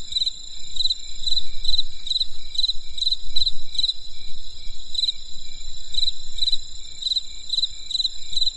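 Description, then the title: Insect chirps in quick pulsed bursts, about two per second with an irregular gap, above continuous high-pitched insect drone and low background rumble. Insects calling on a winter night in the countryside. "There was a crisp sound of insects in the winter night."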